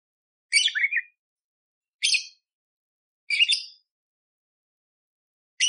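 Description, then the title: Budgerigar calls of short scratchy chirps, four bursts separated by gaps. Masteran for training songbirds, clear and lively (gacor jernih) with rough tembakan fill phrases, suited for Kacer. "Masteran Burung Parkit Gacor Jernih Isian Tembakan Kasar Cocok Buat Kacer"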